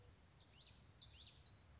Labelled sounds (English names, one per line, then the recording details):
Common Yellowthroat
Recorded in Sonoma County, California